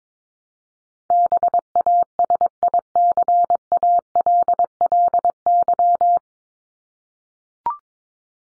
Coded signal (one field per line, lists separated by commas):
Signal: Morse code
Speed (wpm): 22 wpm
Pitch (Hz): 700 Hz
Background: none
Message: BASICALLY